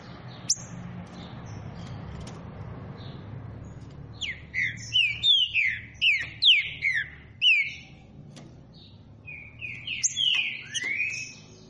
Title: Canto De Trinca Ferro Voz 09. TRINCA FERRO CANTANDO FORTE. ESQUENTAR TRINCA FERRO